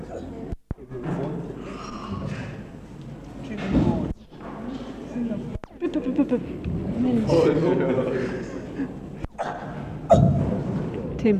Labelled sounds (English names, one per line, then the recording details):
Chimpanzee call
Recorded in captivity
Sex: male
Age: juvenile
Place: Tierpark Berlin, Berlin, DE
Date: 1965-08-30 15:00
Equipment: R 21, Dynamisches Mikro 21a
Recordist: unbekannt, keine Angabe
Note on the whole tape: Männchen (Tim, 3-jährig) bei Begegnung mit einem Gorilla-Weibchen (Kama, 2-jährig): "uh"-Laute